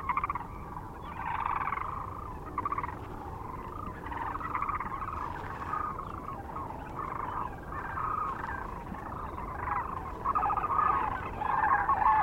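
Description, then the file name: Sandhill Crane calls, a continuous chorus of rattling bugled notes from many birds, swelling and fading, over steady low background noise. Recorded near Kearney, Nebraska, on 9 March 2004. "2004-03-09 SACRandmore B Kearney NE"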